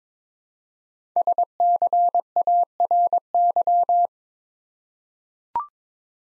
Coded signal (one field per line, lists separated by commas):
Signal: Morse code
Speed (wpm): 22 wpm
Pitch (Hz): 700 Hz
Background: none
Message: SCARY